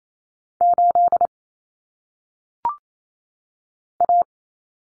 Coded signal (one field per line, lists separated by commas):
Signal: Morse code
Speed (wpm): 28 wpm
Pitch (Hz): 700 Hz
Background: none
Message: 8 A